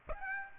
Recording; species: mosquito wingbeat signal from an infrared sensor; Aedes aegypti